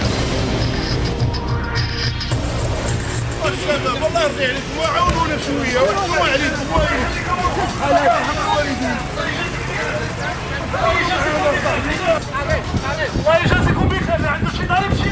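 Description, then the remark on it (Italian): Busy city street ambience in Rabat, Morocco: a steady wash of crowd chatter over a low, continuous rumble of passing traffic, holding an even, fairly loud level throughout. “E così Paolo Corleone, velocissimi, ci ha portato tra le strade di Rabat,”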